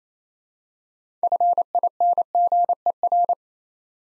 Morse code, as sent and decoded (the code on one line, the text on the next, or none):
..-. .. -. --. . .-.
FINGER